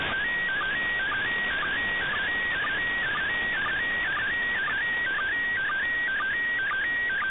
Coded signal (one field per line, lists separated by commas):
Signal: SSTV (slow-scan television)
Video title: Decoding the ISS SSTV